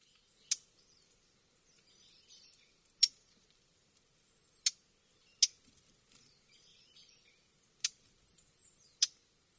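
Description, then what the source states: Lesser whitethroat calling with several sharp, dry tack notes at irregular intervals, over faint soft twittering in the background. Sakata, Yanagawa; 19 October 2020.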